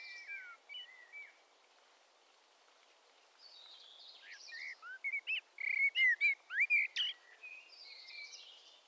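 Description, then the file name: Common blackbird song: fluty warbled phrases, a pause, then a burst of high squeaky twittering notes in the second half. "Turdus merula"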